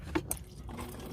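A retaining clip is pulled off a coolant temperature sensor in an engine coolant housing, with a sharp snap at 0.3 s as the clip releases. A softer knock comes just before at 0.2 s, then low, quiet handling noise follows. The clip comes free, showing the sensor was not seated at all.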